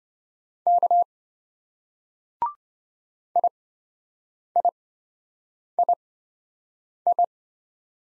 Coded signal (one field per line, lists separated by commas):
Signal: Morse code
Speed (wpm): 25 wpm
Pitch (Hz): 700 Hz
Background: none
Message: K IIII